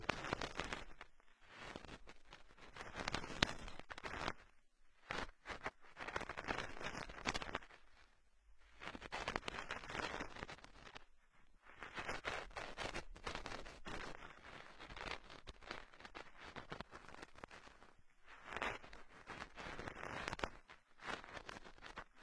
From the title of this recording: use a cotton swab to gently clean your ears